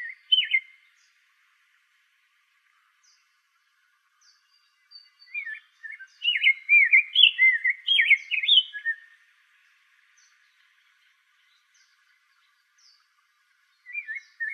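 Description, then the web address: Rose-breasted grosbeak song: a short whistled phrase, then a few seconds of quiet, then a long rich warbling burst of rising and falling notes, and another brief phrase at the end. Recorded in Arizona. "Grosbeaks Buntings RBGR"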